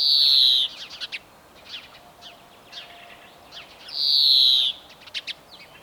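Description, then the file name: European greenfinch song: a drawn-out nasal wheeze falling slightly in pitch, repeated about four seconds later, with scattered quick twittering notes between. "Chloris chloris"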